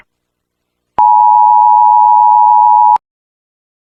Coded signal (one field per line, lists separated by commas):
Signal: Emergency Alert System (SAME) tones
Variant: 853 and 960 Hz attention tone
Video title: EAS Scenario: The Beginning. [READ DESC]